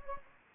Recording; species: mosquito wingbeat signal from an infrared sensor; Anopheles gambiae